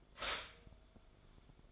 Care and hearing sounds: daily activity, microphone in the room; stop toaster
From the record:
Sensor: 5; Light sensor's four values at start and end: 15/35/13/12 and 15/35/13/12

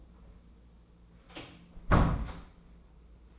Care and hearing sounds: daily activity, microphone in the room; close door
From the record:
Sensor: 1

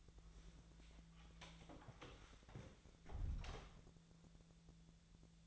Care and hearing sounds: daily activity, microphone in the room; close door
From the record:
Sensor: 3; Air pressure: 1000.5 hPa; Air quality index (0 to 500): 180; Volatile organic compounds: 4 ppm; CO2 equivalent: 1565 ppm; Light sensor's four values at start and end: 12/29/12/13 and 12/29/12/13

